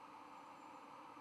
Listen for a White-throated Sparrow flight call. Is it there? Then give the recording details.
no. No flight call is heard. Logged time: 05:13 on 5 November 2014